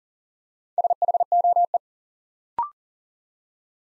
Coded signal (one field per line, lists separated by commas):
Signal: Morse code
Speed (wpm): 42 wpm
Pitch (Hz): 700 Hz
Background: none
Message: SHOE